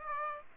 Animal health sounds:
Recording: mosquito wingbeat signal from an infrared sensor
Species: Aedes aegypti

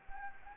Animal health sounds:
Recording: mosquito wingbeat signal from an infrared sensor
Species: Anopheles gambiae

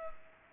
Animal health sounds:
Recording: mosquito wingbeat signal from an infrared sensor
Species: Culex pipiens

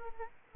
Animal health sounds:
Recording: mosquito wingbeat signal from an infrared sensor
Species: Aedes aegypti

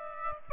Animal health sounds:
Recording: mosquito wingbeat signal from an infrared sensor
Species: Aedes aegypti

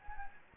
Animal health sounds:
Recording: mosquito wingbeat signal from an infrared sensor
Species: Anopheles gambiae

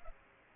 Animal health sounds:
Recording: mosquito wingbeat signal from an infrared sensor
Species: Culex pipiens

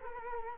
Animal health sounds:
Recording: mosquito wingbeat signal from an infrared sensor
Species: Culex quinquefasciatus

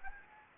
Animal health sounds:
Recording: mosquito wingbeat signal from an infrared sensor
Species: Anopheles gambiae

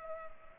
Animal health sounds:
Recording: mosquito wingbeat signal from an infrared sensor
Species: Culex pipiens

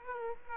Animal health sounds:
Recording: mosquito wingbeat signal from an infrared sensor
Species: Aedes aegypti

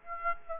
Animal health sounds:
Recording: mosquito wingbeat signal from an infrared sensor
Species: Aedes aegypti

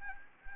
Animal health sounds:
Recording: mosquito wingbeat signal from an infrared sensor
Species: Anopheles gambiae

